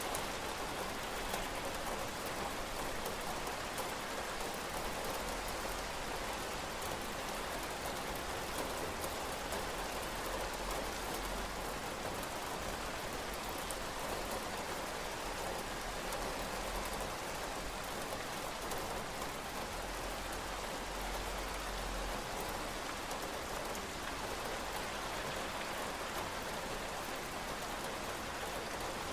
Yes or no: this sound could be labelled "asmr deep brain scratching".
no